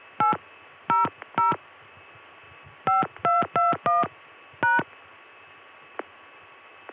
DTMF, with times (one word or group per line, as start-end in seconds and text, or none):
0.2-1.5 800
2.9-4.8 5221#